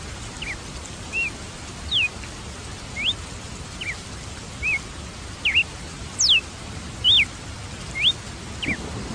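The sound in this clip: Red-cowled cardinal giving a series of short slurred whistles, some rising and others falling or looping, at irregular intervals over a constant hissing background.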